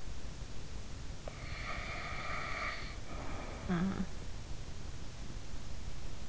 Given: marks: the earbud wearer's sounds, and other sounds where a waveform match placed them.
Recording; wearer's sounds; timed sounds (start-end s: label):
sounds in sleep by an in-ear microphone; breath
1.26-4.17 s: breath
3.56-4.09 s: sound from someone else or the room